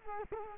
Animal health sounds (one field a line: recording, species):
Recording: mosquito wingbeat signal from an infrared sensor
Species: Culex quinquefasciatus